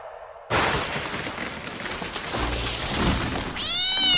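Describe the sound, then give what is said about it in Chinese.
A harsh, noisy hiss-like rush gives way to an angry big yellow cat's yowl as it stands up on its hind legs, baring teeth and claws, its loud cries bending up and down in pitch toward the end. “他头一回知道猫还能发出抑扬顿挫的叫声。”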